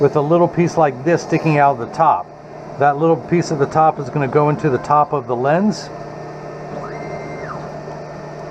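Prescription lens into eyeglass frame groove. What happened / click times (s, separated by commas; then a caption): Eyeglass lens being positioned in its frame, not yet snapped in / none. Someone talks while positioning a cut plastic prescription lens (Essilor Transitions Gray with Crizal Avance) so its top edge sits in the groove of an Oakley 3218 sports frame, ready for a strap to be pulled to snap it in. After the talking ends around 5.8 s, only a steady low hum continues. Nothing has clicked or seated yet.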